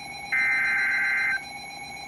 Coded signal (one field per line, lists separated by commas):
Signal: Emergency Alert System (SAME) tones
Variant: header bursts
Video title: Straight F@#!king WATER 8/4/22 - 8/5/22 [EAS Alerts 136 - 146]